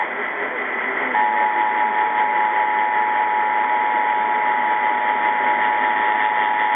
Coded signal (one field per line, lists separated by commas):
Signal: Emergency Alert System (SAME) tones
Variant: 853 and 960 Hz attention tone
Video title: Connecticut and Illinois EAS Tests - 10/2/18